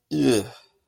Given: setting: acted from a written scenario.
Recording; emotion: vocal sound without words; disgust